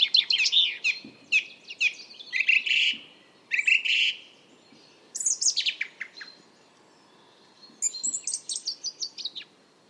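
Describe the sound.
Song thrush song of varied whistled and scratchy phrases, some given twice, with brief gaps between bursts and a high, rapid trilled run near the end.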